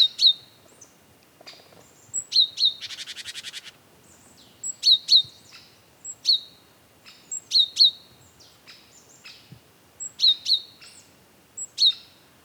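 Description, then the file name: Great tit repeating bright two-note calls steadily, with one harsh buzzing burst near the start amid the regular paired notes. "Parus major"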